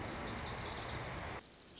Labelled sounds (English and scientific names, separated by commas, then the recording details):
Lazuli Bunting (Passerina amoena)
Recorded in Sonoma County, California